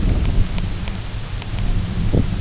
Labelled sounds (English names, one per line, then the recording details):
none
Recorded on Arctic tundra, site UTQI-0, on 20 June 2018
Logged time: 14:00